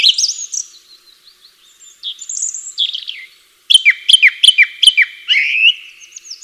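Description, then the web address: Bird song of high whistled slurs and soft twitters, then a quick run of sharp falling chirps repeated over a steady whistled tone. "atelierson sons birds"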